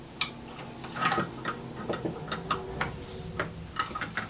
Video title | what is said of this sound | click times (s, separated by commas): Lego AAT 8018 2009 | so hear it click and snap it right up and now it looks like | 0.2 s